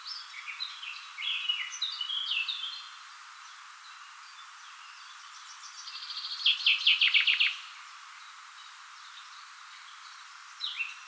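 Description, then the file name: Common chaffinch song: a fast, loud, descending rattling trill ending in a short flourish around the middle, with other birds' scattered chirps before and after. "Fringilla coelebs"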